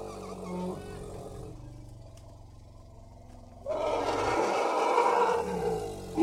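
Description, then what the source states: Asian elephant roar bursting in suddenly after a low, steady hum, harsh and noisy for about two seconds. Thailand.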